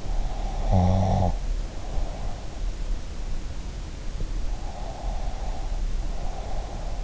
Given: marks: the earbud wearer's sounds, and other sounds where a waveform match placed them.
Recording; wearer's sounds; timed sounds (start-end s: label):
sounds in sleep by an in-ear microphone; snoring breath, breath
0.17-2.30 s: snoring breath
4.61-7.04 s: breath